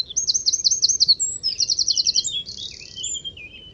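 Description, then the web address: Bird sings a quick rolling trill, a second trill, then a hissing buzz trailing into soft chirps. "Deverinetal 2025 File origin Bird Only"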